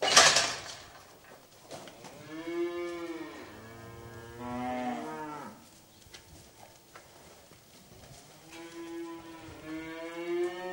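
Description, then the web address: Cattle mooing: a loud clatter at the start, then long drawn-out moos around three and five seconds and again near nine to ten seconds, with faint knocks between. Restless cattle in a shed. "Sound Effects-BBC Cattle"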